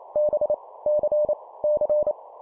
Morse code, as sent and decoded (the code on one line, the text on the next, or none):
-... / -.-. / -.-.
B C C